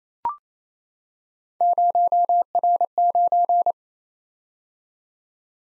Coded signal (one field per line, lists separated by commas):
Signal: Morse code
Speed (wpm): 29 wpm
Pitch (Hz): 700 Hz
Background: none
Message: 0R9